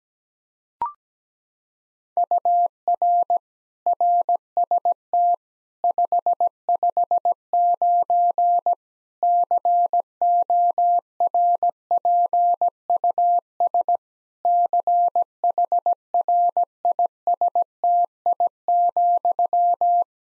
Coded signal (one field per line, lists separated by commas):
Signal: Morse code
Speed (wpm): 17 wpm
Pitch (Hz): 700 Hz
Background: none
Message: UR RST 559 CORPUS CHRISTI,